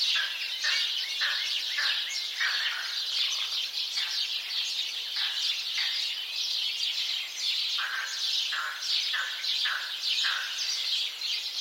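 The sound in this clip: House sparrow chirps from a busy flock, dense overlapping calls with sharp downward strokes, continuous throughout without pause.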